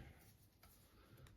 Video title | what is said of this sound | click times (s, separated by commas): Removable Arrow Holder from Laurel Mountain Outfitters | I like how that fits nice click | 1.3 s